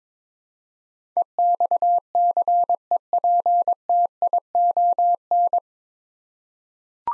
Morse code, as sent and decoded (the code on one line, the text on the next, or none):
. -..- -.-. . .--. - .. --- -.
EXCEPTION